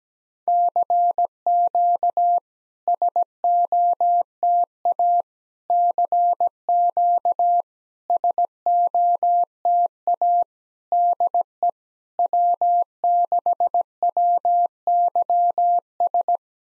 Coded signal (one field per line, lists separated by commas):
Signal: Morse code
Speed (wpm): 17 wpm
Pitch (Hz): 700 Hz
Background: none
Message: CQ SOTA CQ SOTA DE W6WYS